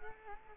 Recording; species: mosquito wingbeat signal from an infrared sensor; Culex quinquefasciatus